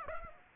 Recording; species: mosquito wingbeat signal from an infrared sensor; Aedes aegypti